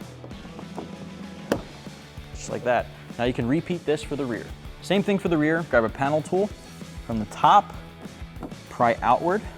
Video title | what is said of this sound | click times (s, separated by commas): 2008-2014 Challenger Axial LED Side Marker Lights; Smoked Review & Install | and snap it into place just like | 1.5 s